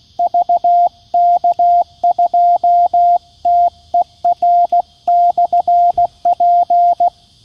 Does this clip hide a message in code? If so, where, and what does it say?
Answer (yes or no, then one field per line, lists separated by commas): yes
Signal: Morse code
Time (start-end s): 0.2-7.1 s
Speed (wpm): 16 wpm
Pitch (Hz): 700 Hz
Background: radio noise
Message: VK2TER/P